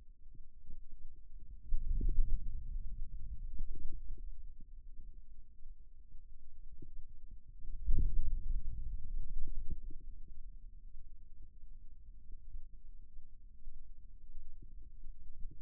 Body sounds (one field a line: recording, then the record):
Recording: forearm muscle sounds (acoustic myography)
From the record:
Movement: radial deviation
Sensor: system 2, bracelet of six BSWA MPA416 microphones around the upper forearm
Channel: 2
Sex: male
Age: 22 years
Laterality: right